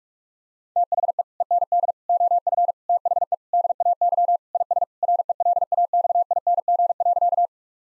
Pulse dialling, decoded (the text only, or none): none